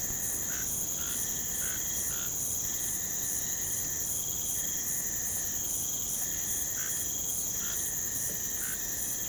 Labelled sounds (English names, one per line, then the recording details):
none
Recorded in pastures near Puerto Asís, Putumayo, Colombia, on 25 June 2025 at 03:30
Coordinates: 0.472, -76.331
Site G095